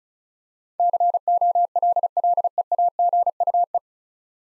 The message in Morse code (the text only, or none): COLLEAGUE